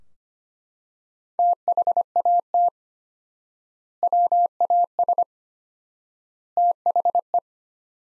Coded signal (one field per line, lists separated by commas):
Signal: Morse code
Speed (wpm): 25 wpm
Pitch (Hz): 700 Hz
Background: none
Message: THAT WAS THE